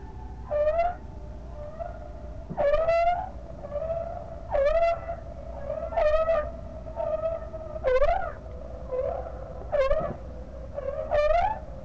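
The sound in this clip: Whale calls: short upswept tonal cries repeated many times, each rising sharply then holding, over a constant low hum.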